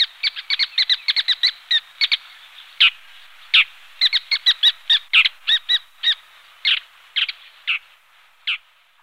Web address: lanius tigrinus